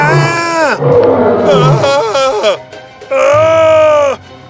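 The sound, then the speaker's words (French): A voice imitates a lion roaring ferociously: a loud, drawn-out growl that falls in pitch, a rough guttural stretch, then a second sustained roar before stopping. “un lion déboula soudain des buissons en rugissant de façon féroce.”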